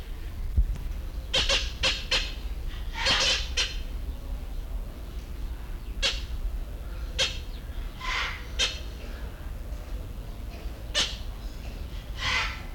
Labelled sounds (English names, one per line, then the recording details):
Sulphur-crested Cockatoo call
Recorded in captivity
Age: adult
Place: Zoo Berlin, Berlin, DE
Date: 1994-08-06 11:14
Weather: wolkig bis heiter, 20-27°C
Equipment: Marantz CP 430, Sennheiser ME 80, Kopie Uher Variocord 263
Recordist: Tembrock, Günter